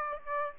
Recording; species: mosquito wingbeat signal from an infrared sensor; Aedes aegypti